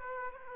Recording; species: mosquito wingbeat signal from an infrared sensor; Aedes aegypti